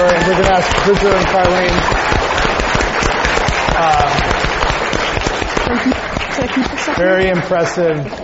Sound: applause

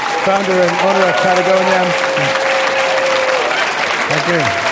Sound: applause

